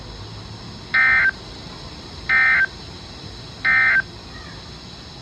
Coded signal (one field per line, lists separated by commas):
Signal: Emergency Alert System (SAME) tones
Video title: Floods And Storms! (EAS 255-284)